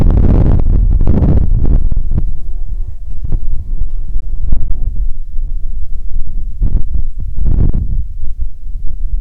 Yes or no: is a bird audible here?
no